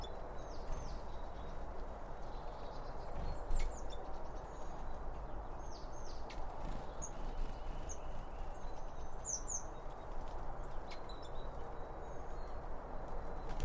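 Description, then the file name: Birds repeat faint downslurred whistles and thin chirps at intervals of a few seconds, heard against a constant low rumbling background. Birds around a bird feeder, recorded with two Line Audio OM1 microphones. "Birds Around Birdfeeding With Two Om 1 From Line Audio"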